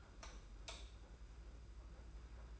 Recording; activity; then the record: daily activity, microphone in the room; light off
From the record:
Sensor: 2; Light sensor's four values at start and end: 15/39/15/15 and 11/27/10/10